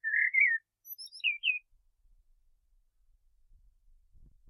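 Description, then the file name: Common blackbird whistled phrases: a low fluty note near the start, then a cluster of higher twittering notes, followed by near silence. "Turdus merula"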